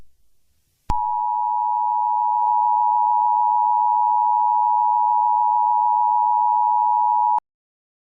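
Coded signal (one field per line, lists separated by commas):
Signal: Emergency Alert System (SAME) tones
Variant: 853 and 960 Hz attention tone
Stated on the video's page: Fictional EAS scenario.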